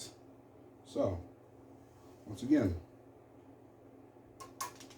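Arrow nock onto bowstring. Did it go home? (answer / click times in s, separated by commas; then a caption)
yes / 4.6 s. An archer pushes the plastic nock at the back of an arrow onto the bowstring until it snaps on, seating it. Someone talks, then a short, sharp click sounds at 4.6 s, followed by faint handling noise.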